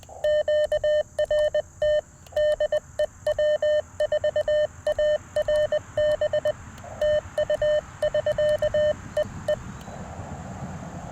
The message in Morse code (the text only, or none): QRT DE W4ARB TU <SK> EE